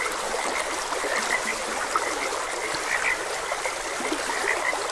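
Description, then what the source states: Frogs croak continuously, a few sharper notes standing out, over the steady wash of trickling stream water. Frogs croaking beside a gentle stream.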